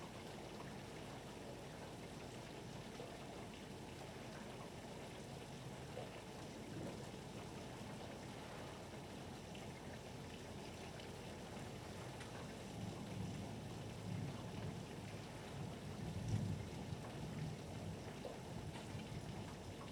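Steady rain hisses throughout a thunderstorm, dense and even across the whole stretch. A deep rumble of thunder or heavy engine noise builds in the low end after about twelve seconds, swelling around sixteen seconds before easing slightly.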